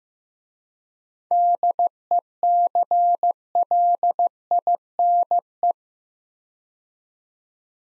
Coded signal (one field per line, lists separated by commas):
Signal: Morse code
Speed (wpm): 15 wpm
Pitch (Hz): 700 Hz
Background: none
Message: DECLINE